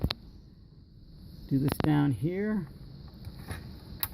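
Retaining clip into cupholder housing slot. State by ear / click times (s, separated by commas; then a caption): seated / 4.0 s. On a 2002 Audi A4 (B6) cupholder replacement, the lower plastic retaining clip is pushed into its slot in the cupholder housing while someone talks. A couple of sharp ticks come at the very start, and the clip clicks in and seats at 4.0 s.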